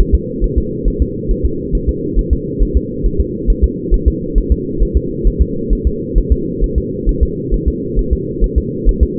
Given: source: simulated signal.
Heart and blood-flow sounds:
fetal heart sounds
0.00 s: S1
0.15 s: S2
0.44 s: S1
0.58 s: S2
0.88 s: S1
1.02 s: S2
1.31 s: S1
1.45 s: S2
1.75 s: S1
1.89 s: S2
2.19 s: S1
2.33 s: S2
2.63 s: S1
2.77 s: S2
3.06 s: S1
3.20 s: S2
3.50 s: S1
3.64 s: S2
3.94 s: S1
4.08 s: S2
4.38 s: S1
4.52 s: S2
4.83 s: S1
4.97 s: S2
5.27 s: S1
5.42 s: S2
5.73 s: S1
5.87 s: S2
6.18 s: S1
6.32 s: S2
6.64 s: S1
6.78 s: S2
7.09 s: S1
7.23 s: S2
7.54 s: S1
7.68 s: S2
7.99 s: S1
8.13 s: S2
8.44 s: S1
8.58 s: S2
8.89 s: S1
9.03 s: S2
From the record:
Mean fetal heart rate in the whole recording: 135 bpm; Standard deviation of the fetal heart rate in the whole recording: 3 bpm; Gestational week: 36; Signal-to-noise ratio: -6.6 dB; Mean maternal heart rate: 72 bpm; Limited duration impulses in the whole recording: present

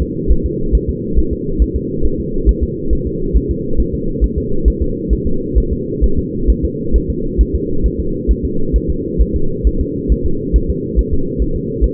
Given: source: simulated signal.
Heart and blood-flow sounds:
fetal heart sounds
0.02 s: S2
0.31 s: S1
0.46 s: S2
0.75 s: S1
0.90 s: S2
1.19 s: S1
1.33 s: S2
1.62 s: S1
1.76 s: S2
2.05 s: S1
2.20 s: S2
2.49 s: S1
2.64 s: S2
2.93 s: S1
3.07 s: S2
3.37 s: S1
3.51 s: S2
3.80 s: S1
3.94 s: S2
4.24 s: S1
4.38 s: S2
4.68 s: S1
4.82 s: S2
5.13 s: S1
5.27 s: S2
5.58 s: S1
5.73 s: S2
6.04 s: S1
6.19 s: S2
6.50 s: S1
6.65 s: S2
6.96 s: S1
7.10 s: S2
7.41 s: S1
7.55 s: S2
7.86 s: S1
8.00 s: S2
8.31 s: S1
8.45 s: S2
8.76 s: S1
8.90 s: S2
9.21 s: S1
9.36 s: S2
9.67 s: S1
9.81 s: S2
10.12 s: S1
10.26 s: S2
10.56 s: S1
10.70 s: S2
10.99 s: S1
11.14 s: S2
11.42 s: S1
11.56 s: S2
11.84 s: S1
From the record:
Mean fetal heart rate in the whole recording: 135 bpm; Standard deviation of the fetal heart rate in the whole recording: 3 bpm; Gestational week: 34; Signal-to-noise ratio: -8.1 dB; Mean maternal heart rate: 72 bpm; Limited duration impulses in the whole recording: absent

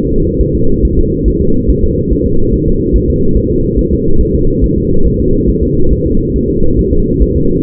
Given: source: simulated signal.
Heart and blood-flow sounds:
fetal heart sounds
0.12 s: S2
0.41 s: S1
0.55 s: S2
0.85 s: S1
0.99 s: S2
1.28 s: S1
1.42 s: S2
1.70 s: S1
1.84 s: S2
2.12 s: S1
2.26 s: S2
2.54 s: S1
2.68 s: S2
2.96 s: S1
3.10 s: S2
3.37 s: S1
3.51 s: S2
3.79 s: S1
3.93 s: S2
4.21 s: S1
4.35 s: S2
4.64 s: S1
4.78 s: S2
5.06 s: S1
5.20 s: S2
5.49 s: S1
5.63 s: S2
5.92 s: S1
6.07 s: S2
6.36 s: S1
6.50 s: S2
6.79 s: S1
6.93 s: S2
7.22 s: S1
7.36 s: S2
From the record:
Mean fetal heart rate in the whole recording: 140 bpm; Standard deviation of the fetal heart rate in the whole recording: 2 bpm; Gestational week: 34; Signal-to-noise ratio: -17.7 dB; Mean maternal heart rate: 72 bpm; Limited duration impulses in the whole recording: present

